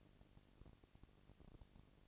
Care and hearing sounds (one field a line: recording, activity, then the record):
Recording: daily activity, microphone in the room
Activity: no activity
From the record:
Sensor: 4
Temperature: 22.5 degrees Celsius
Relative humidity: 33.3%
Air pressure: 999.7 hPa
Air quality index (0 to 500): 231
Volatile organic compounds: 21 ppm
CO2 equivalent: 2710 ppm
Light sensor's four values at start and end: 2/3/1/1 and 2/3/1/1